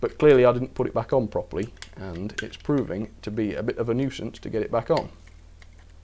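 Someone talks while handling the detached plastic roof of a model railway livestock wagon, trying to press it back onto the wagon body after cleaning the roof separately; it wasn't put back on properly and is proving awkward to refit. A faint tick is heard at about 5.6 s, but nothing has seated or clicked into place yet.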